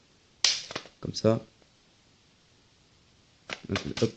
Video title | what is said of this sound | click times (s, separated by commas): Review de l'ASK201A (AK-74) de chez APS. | jusqu'à entendre le clic et voir la queue d'éjection de chargeur qui vient se replacer en arrière. | 0.4 s